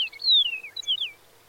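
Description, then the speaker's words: Chihuahuan meadowlark song: a quick run of high, clear whistled notes slurring downward, then a second descending slurred phrase, in a quiet background. Song differs from other North American meadowlarks. "observers have long known that the Chihuahuan meadowlark's song sounds different from other North American meadowlarks."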